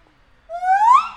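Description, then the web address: White-handed gibbon call: a single clear whistled note with strong overtones, sweeping smoothly upward and then levelling off. Captive white-handed gibbon at a zoo in Nyíregyháza, 2019; calls with shorter and longer pauses between them. "feherkezu gibbon kisebbnagyobbszunetekkel nyiregyhaza"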